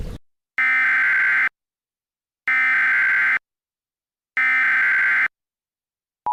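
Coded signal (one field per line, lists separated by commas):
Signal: Emergency Alert System (SAME) tones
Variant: header bursts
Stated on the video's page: Fictional werewolf-themed mini EAS scenario; simulated.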